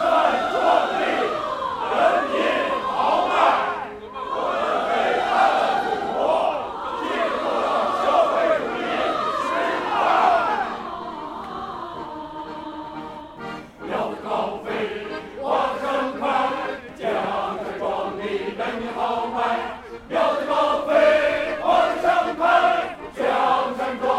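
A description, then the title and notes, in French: A group of people sings together in a park in Beijing, voices blending in rising and falling lines through the first ten seconds. After a brief softer stretch near eleven seconds, the singing returns in short, strongly accented phrases with pauses between them. In Beijing, Leute treffen sich jeden Tag im Park zu singen. Sie gehen spontan von Gruppe zur Gruppe um was zusammen zu singen. Les chorales populaires de Pékin.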